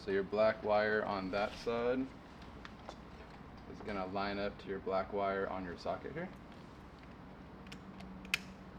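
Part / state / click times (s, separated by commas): wiring harness socket plug into the back of an LED tail light unit / seated / 8.3 s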